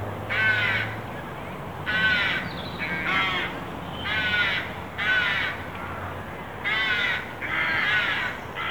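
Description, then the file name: Carrion crow cawing, harsh rasping calls repeated in a steady series of about seven, roughly one each second, over a constant background hiss. "Corvus corone"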